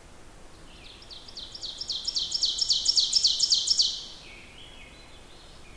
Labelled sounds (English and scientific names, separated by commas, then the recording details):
Ovenbird (Seiurus aurocapilla) song
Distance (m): 25 m
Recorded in boreal forest in Alberta, Canada, on 14 June 2016 at 06:27
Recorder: SongMeter 3, array SBT-3-33
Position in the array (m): 128 m, 36 m
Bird 21